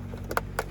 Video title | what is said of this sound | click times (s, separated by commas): How to strip a dyson v6 | yeah a little click and that'll come out | 0.4 s